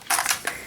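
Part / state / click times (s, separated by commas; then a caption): plastic toy sword blade into its handle body / seated / 0.5 s. A plastic toy sword blade, the Mega Blade, is pushed down into its handle body after its release button is pressed, converting it back to controller mode. A burst of rattling, scraping plastic clatter from about 0.1 to 0.3 seconds leads to one sharp click at 0.5 seconds as the blade snaps into place and seats.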